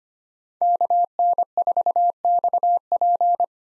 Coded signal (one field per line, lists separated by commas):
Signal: Morse code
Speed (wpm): 25 wpm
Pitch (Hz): 700 Hz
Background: none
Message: KN4XP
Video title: 2023 POTA Hunter Call Signs - 25wpm